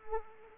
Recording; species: mosquito wingbeat signal from an infrared sensor; Anopheles arabiensis